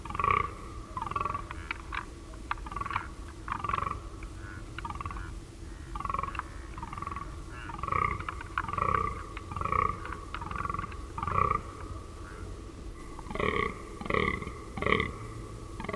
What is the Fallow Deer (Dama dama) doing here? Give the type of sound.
call